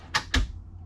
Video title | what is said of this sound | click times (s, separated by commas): 2022 Newmar Mountain Aire 4118 | so these these actually self lock now if you just listen you can hear it click | 0.2 s, 0.3 s